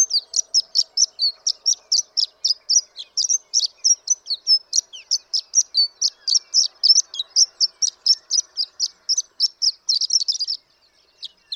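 Horned lark song, an extended fast run of sharp high tinkling notes that stops abruptly near the end.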